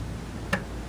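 A component latch on a Noctua NH-D14 cooler being installed on an ASUS Z87-Pro motherboard, which had felt a little loose because it wasn't latched, snaps into place. A single sharp click sounds at 0.5 s over a quiet background, and the part is seated.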